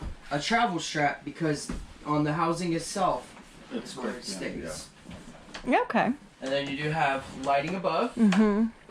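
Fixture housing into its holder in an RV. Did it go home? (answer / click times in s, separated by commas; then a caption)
no / none. A fixture housing is handled in its holder inside a 2020 Grand Design Reflection 311BHS RV, possibly the TV housing that needs no travel strap. Two people talk throughout. Nothing has seated or clicked yet.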